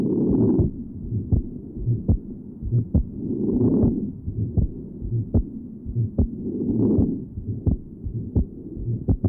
Has an innocent systolic murmur. Note the grunting character of the ejection systolic murmur and the normal splitting of the second heart sound. Recording taken at pulmonary area.